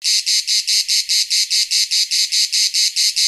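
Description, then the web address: Cicada call, a loud buzzing drone pulsing in rapid, even bursts, steady throughout. "Daddy Chronic soundarchiv entry 17 Cicadas"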